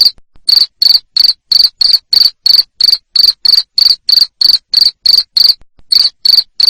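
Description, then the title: Cricket chirping, short high buzzy pulses repeated about three times a second in a steady run, with a brief gap near the end. Loud cricket chirping ('ngerik') played to make lovebirds keep singing ('ngekek'). "Suara JANGKRIK NGERIK Keras Bikin LOVEBIRD Jadi NGEKEK Terus Vubey"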